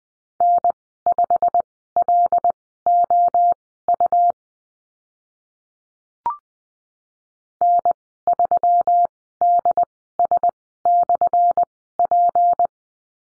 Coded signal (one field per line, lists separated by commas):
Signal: Morse code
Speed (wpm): 20 wpm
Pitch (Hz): 700 Hz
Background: none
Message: N5LOU N3DS/P